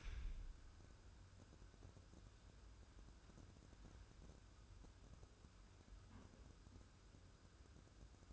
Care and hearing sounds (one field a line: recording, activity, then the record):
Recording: daily activity, microphone in the room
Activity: wipe stove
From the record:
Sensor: 2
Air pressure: 1015.0 hPa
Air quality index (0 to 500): 58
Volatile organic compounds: 1 ppm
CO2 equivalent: 706 ppm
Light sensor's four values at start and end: 13/35/14/15 and 13/35/14/15